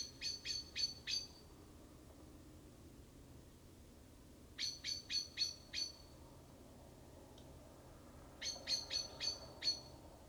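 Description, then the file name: Common blackbird giving clipped, high chink notes in runs of four or five, repeated three times with pauses between, against faint background noise. "Turdus merula"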